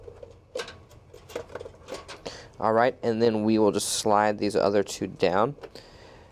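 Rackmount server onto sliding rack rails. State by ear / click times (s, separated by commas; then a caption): not seated / none. A Dell PowerEdge R340 1U rackmount server is lowered onto extended sliding rack rails, with its rear standoffs set into the rail slots and the other two slid down. Light metal contact sounds occur around 0.1, 0.2, 1.4, 1.6 and 2.3 s while someone talks. Nothing has seated or clicked yet.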